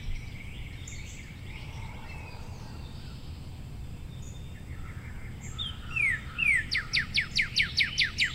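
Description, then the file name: Cardinal song: after several seconds of low background noise with faint whistles, a few slurred whistles lead into a rapid series of sharply down-slurred whistled notes that continues to the end. "suara cardinal"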